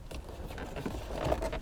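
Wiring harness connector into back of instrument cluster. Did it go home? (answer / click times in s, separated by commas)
no / none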